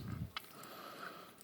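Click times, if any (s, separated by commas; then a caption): 0.4 s. An action figure's arm with a plastic ball peg is wiggled and pushed into the torso joint socket, giving a sharp snap at 0.4 s as the peg seats, followed by faint ticks near 1.4 and 1.5 s.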